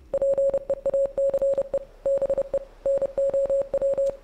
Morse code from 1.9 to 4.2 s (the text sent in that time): BE NOW